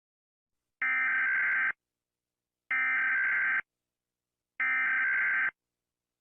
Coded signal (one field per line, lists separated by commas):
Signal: Emergency Alert System (SAME) tones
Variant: header bursts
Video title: Rating eas siren sound (idk why I made this, I saw other do so…) #FlipaClip